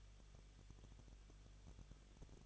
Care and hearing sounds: daily activity, microphone in the room; no activity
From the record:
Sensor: 4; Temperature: 23.0 degrees Celsius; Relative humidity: 34.3%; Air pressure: 1007.3 hPa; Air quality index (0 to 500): 213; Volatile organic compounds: 14 ppm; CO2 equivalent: 2460 ppm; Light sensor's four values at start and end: 2/3/1/1 and 2/3/1/1

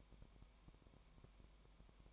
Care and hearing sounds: daily activity, microphone in the room; no activity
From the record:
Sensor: 1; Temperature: 19.0 degrees Celsius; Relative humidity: 34.1%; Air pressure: 1001.3 hPa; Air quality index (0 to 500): 82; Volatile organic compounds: 1 ppm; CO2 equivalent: 824 ppm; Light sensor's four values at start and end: 1/2/1/1 and 1/2/1/1

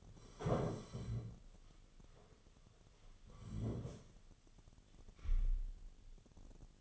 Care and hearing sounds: daily activity, microphone in the room; sit down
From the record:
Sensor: 4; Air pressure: 1016.1 hPa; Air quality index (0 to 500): 168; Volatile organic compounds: 6 ppm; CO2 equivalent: 1919 ppm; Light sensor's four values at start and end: 9/20/8/7 and 9/20/8/7

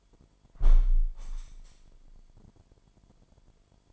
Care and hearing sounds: daily activity, microphone in the room; close window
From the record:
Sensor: 5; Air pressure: 998.0 hPa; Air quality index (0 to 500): 97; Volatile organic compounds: 2 ppm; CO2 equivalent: 1111 ppm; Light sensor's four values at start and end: 27/64/27/29 and 27/64/27/29

